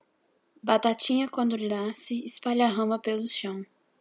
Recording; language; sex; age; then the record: short text; Brazilian Portuguese; female; 20 to 29 years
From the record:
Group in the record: control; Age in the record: 21 years